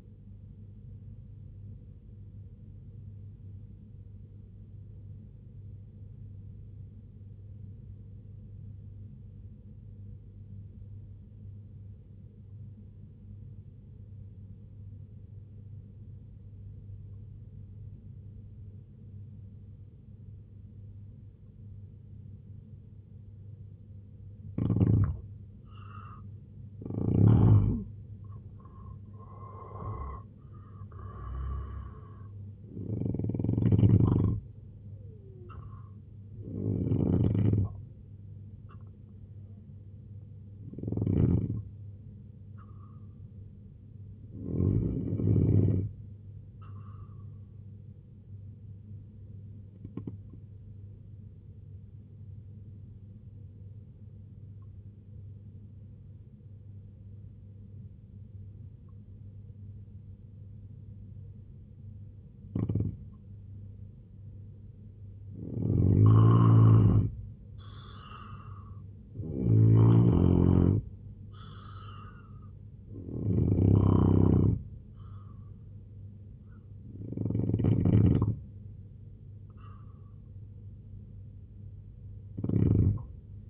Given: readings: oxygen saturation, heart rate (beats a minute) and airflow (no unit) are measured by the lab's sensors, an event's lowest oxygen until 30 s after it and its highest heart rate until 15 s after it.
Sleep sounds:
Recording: breathing in sleep by a smartphone at the bedside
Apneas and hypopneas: 2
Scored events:
7.00-25.20 s: obstructive apnea (N1, oxygen 95% highest, then 82% lowest, heart rate 67 at the start, 90 highest)
50.00-65.60 s: obstructive apnea (N1, oxygen 93% highest, then 85% lowest, heart rate 68 at the start, 83 highest)
54.00-83.49 s: new sleep stage, N2 (light sleep)
From the record:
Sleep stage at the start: N1 (lightest sleep)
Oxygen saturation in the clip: 81 to 95%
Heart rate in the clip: 64 to 90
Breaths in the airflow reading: 11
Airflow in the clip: -6.0 to 6.7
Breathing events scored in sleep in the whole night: 258 in 7.4 hours asleep

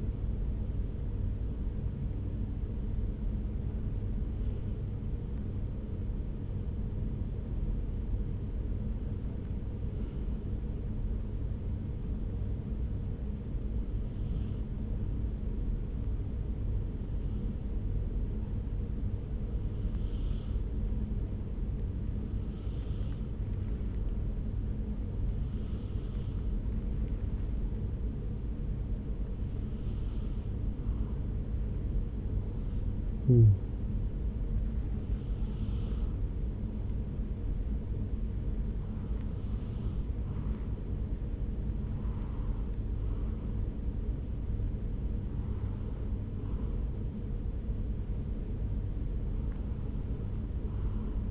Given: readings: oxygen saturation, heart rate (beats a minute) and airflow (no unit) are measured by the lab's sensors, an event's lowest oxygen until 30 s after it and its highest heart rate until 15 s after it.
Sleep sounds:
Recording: breathing in sleep by a smartphone at the bedside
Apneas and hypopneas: 1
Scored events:
4.00-29.60 s: hypopnea (N1, oxygen 96% highest, then 93% lowest)
From the record:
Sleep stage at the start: N1 (lightest sleep)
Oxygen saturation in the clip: 93 to 96%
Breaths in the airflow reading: 14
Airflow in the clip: -3.8 to 3.5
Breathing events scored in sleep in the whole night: 335 in 6.7 hours asleep

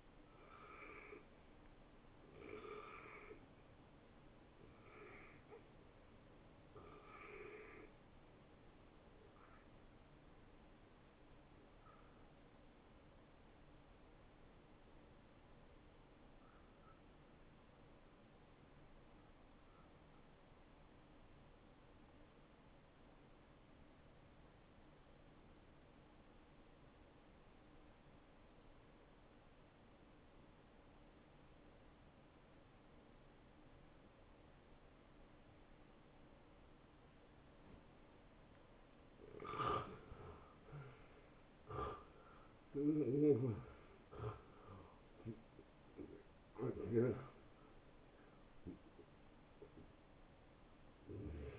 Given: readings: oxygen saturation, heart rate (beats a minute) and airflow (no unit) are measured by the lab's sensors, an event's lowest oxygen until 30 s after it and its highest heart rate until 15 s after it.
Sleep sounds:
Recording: breathing in sleep by a voice recorder at the bedside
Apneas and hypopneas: 1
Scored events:
13.00-38.50 s: hypopnea (N1, oxygen 93% highest, then 86% lowest)
From the record:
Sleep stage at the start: N1 (lightest sleep)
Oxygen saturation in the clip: 87 to 94%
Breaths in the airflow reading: 12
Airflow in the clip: -16.0 to 9.3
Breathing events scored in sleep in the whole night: 263 in 5.5 hours asleep

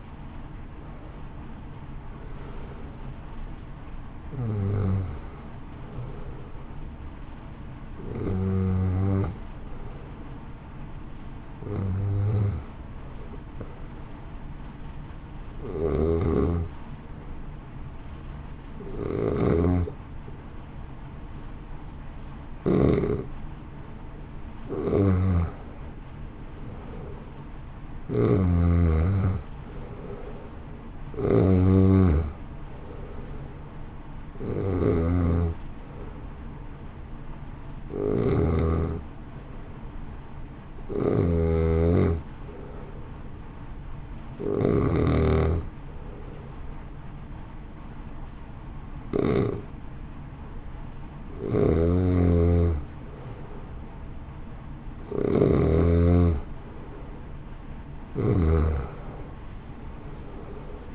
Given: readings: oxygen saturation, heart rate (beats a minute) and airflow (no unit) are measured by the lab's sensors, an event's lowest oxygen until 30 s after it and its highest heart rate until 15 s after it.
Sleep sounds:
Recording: breathing in sleep by a smartphone at the bedside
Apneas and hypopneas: 2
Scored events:
12.00-26.90 s: hypopnea (N2, oxygen 94% highest, then 88% lowest, heart rate 54 at the start, 63 highest)
36.00-55.80 s: hypopnea (N2, oxygen 92% highest, then 88% lowest, heart rate 61 at the start, 64 highest)
From the record:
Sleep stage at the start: N2 (light sleep)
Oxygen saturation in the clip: 87 to 94%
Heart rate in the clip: 54 to 68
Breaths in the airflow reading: 16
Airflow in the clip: -1.7 to 2.5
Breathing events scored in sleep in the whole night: 328 in 6.3 hours asleep

